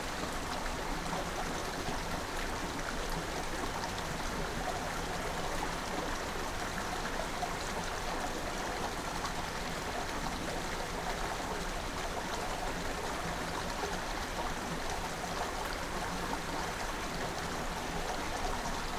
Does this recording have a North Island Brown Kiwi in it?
no